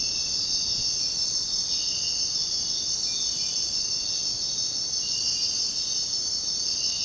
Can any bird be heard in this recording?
no